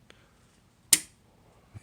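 Someone pulls the retaining pin from the spring-loaded cam chain tensioner in the engine cylinder of a Honda Rancher 420 ATV, and the plunger releases with a sharp metallic snap at 0.9 s. A faint tick comes at 0.1 s, and low bumps follow near the end. The tensioner is released.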